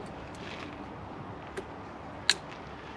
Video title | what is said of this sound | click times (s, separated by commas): How to Hitch & Unhitch a Caravan - Caravan Pack Up Checklist - Caravanning for Beginners | hear a click like that | 2.3 s